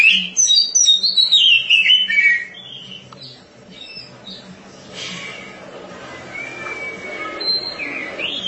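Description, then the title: Oriental magpie-robin song opens with loud, rapid, descending whistled notes, then fades to softer scattered whistles and a thin drawn-out note over a low background hum. "Suara Kicauan Burung Kacer"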